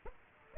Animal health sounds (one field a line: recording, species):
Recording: mosquito wingbeat signal from an infrared sensor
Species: Aedes aegypti